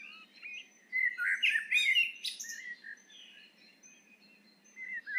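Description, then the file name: Eurasian blackbird song: a fluty warble followed by a squeaky, twittering flourish, then quiet before another brief fluty phrase begins at the end. "Turdus merula"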